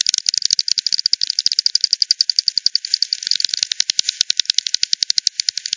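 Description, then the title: Bat echolocation pulses heard as a rapid, regular train of sharp clicks, holding an even rhythm throughout. Multiple bats at the Hogsmill River, Hogsmill Lane, 7 October 2020 at 18:10; recorded with frequency division (FD10), band-pass filtered and resampled. "WW bat 20201007 T 18 : 10 Z-Hogsmill-Lane-Hogsmill-River-multiple-bats"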